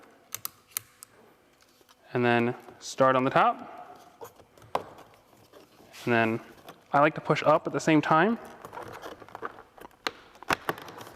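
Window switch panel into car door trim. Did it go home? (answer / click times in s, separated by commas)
yes / 10.1 s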